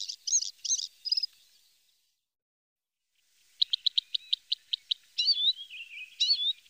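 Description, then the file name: Bluethroat song: a few ringing notes, a short silence, then a quick series of sharp ticks followed by twangy, slurred whistles. "blauwborst bluethroat"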